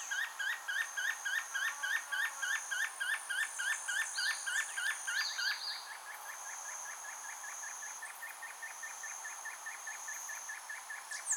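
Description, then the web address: Spotted puffbird call series of brief repeated notes, about three a second, loud at first then softer, with a high thin trill from another bird. "Spotted puffbird. صدای-پرنده-پفی-مرغ-خالدار"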